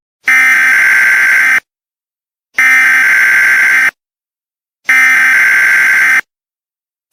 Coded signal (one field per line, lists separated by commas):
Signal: Emergency Alert System (SAME) tones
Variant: header bursts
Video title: EAS: PIA